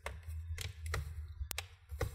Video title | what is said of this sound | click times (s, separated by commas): ASUS ROG Strix GL502 Ram upgrade disassembly guide | cover put the fan side down first push the sides down all the way down make sure you hear those clicks | 0.1 s, 0.6 s, 0.9 s, 1.5 s, 1.6 s, 2.0 s